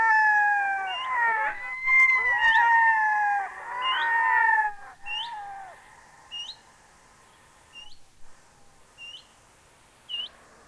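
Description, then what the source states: Red-throated Loon wailing calls: several long, drawn-out, falling wails in the first five seconds, with short high notes repeated throughout. Field recording.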